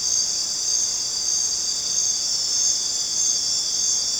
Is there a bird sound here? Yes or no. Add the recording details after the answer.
no. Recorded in dense forest near Puerto Asís, Putumayo, Colombia, on 29 June 2025 at 19:00. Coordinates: 0.484, -76.317. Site G045